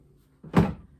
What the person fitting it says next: There. It popped into place.